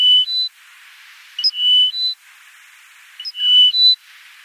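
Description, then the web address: Bar-tailed lark song: pure, sweet whistles stepping up to a higher note, with tiny introductory pips before each phrase. "Bar-tailed Lark song"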